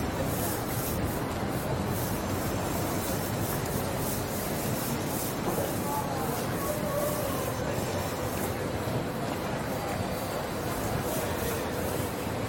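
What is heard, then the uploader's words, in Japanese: A walk along a busy city street, filled with a dense, steady roar of traffic and rolling vehicles, heaviest in the low end. Faint whining tones rise briefly around the middle and again near the end, like rail wheels squealing. George Street を Circular Quay から Townhall まで歩く。ビジネスマンが忙しく行き交うビジネス街を歩きながらいろんな音を楽しみます。ステレオ音声。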